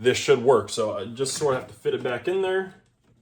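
Someone talks while handling a plastic HVAC thermostat controller, getting ready to push it back onto its wall mounting base. The voice fills the clip until about 2.8 seconds, followed by near silence. Nothing has seated or clicked yet.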